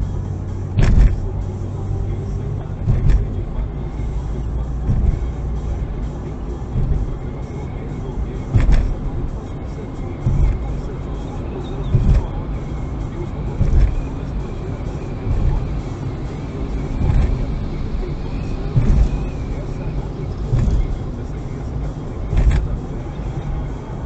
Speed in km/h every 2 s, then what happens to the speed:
53, 56, 60, 63, 65, 65, 65, 64, 64, 62, 63, 64.
0-8 speeds up to 65. 8-24 steady at about 64.